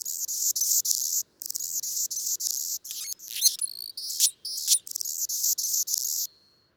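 Anna's hummingbird song: dry, buzzy, very high phrases repeated in quick bursts, broken midway by thin squeaky downslurred notes, then the buzzing resumes and ends on a faint whistle.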